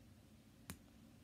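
A plastic ammunition accessory is pushed into the plastic toy gun of a G.I. Joe Crimson Guard action figure. A single short, sharp snap at 0.7 s rises clearly above a quiet low background hum. The ammunition piece snaps into place and is seated in the gun.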